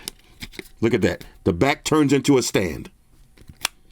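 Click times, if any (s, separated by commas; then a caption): 3.6 s. Someone talks while the fold-out back of a magnetic phone card holder, used as a stand, is folded closed. It snaps back into place with a sharp plastic snap at 3.7 s, and the stand is seated.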